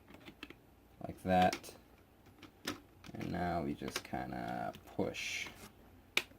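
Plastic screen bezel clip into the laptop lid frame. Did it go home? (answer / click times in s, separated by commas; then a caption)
yes / 6.2 s. Someone talks while a plastic screen bezel on a Lenovo Y40-80 laptop is pushed around its edge back onto the laptop lid frame, with soft taps and light clicks along the way. At 6.2 s a sharp snap is heard as the bezel clip seats back into the lid frame.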